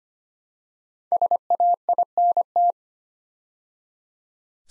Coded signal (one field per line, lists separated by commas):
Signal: Morse code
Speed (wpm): 25 wpm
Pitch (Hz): 700 Hz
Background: none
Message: SAINT